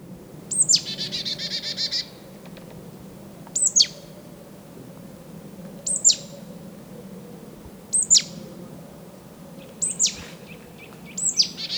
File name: Poecile palustris